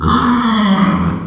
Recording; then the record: squeal of a Yucatan mini pig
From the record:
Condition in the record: after surgery on the right vocal fold (resection and tissue-engineered implant); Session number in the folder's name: 16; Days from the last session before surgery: 183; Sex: female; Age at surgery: 19 weeks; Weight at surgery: 25 kg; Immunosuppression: prednisolone